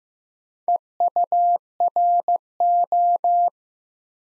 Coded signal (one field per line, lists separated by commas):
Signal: Morse code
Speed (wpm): 15 wpm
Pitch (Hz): 700 Hz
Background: none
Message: EURO